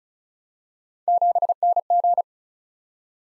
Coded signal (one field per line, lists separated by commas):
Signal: Morse code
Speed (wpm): 36 wpm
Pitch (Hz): 700 Hz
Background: none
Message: 7NG